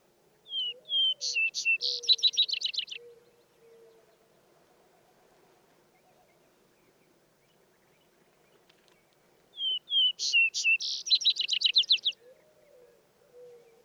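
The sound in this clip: Vesper sparrow song: a pair of clear introductory notes, then higher notes breaking into a fast buzzy trill, sung twice about nine seconds apart, with soft low whistles in between.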